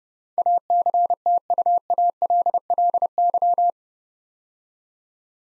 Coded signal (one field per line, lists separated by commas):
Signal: Morse code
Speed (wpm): 30 wpm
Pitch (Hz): 700 Hz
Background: none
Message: ACTUALLY